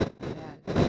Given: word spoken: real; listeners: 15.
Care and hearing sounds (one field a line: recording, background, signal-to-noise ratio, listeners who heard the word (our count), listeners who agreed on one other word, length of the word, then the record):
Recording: one Spanish word in noise, from a listening test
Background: noise modulated by one talker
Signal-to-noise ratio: -8.9 dB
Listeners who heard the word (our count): 3 of 15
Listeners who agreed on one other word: 8 of 15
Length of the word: 0.49 s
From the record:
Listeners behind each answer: 8, 3, 1, 1, 1, 1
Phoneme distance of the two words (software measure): 27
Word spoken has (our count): 2 syllables, 4 phonemes, stress on syllable 2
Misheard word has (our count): 2 syllables, 5 phonemes, stress on syllable 2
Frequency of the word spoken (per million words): 230.87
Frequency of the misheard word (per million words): 87.10